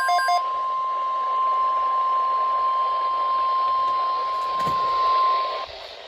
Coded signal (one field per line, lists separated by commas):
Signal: Emergency Alert System (SAME) tones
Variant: 1050 Hz attention tone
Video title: Severe Thunderstorm Watch EAS#39